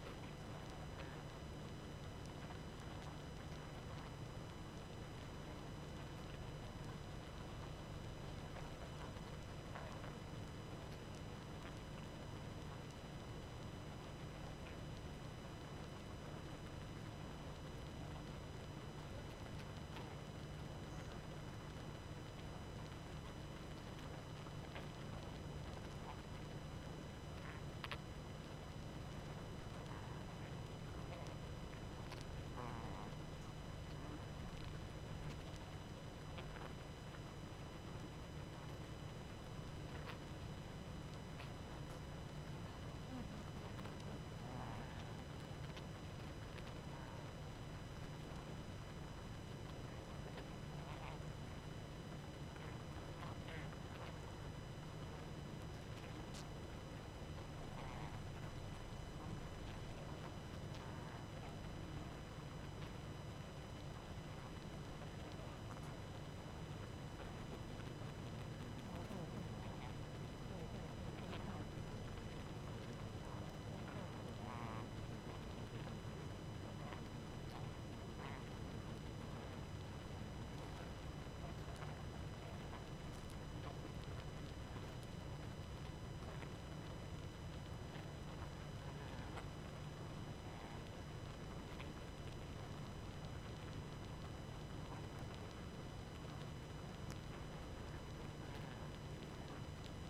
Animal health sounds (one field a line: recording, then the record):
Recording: honeybee colony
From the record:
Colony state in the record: active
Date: 12 June 2018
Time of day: 23:56